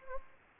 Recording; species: mosquito wingbeat signal from an infrared sensor; Anopheles gambiae